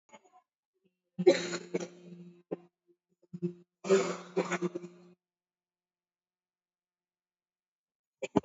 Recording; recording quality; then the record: sustained vowel as in beet; excellent, no background noise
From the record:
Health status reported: COVID-19 positive, mild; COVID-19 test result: positive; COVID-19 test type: RT-PCR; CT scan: taken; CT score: 9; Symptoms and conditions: cough, fatigue, muscle pain, loss of smell and taste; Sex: female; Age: 55 years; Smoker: no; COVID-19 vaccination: one dose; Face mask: worn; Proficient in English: yes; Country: India